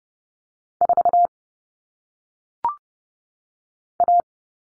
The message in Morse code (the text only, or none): 4A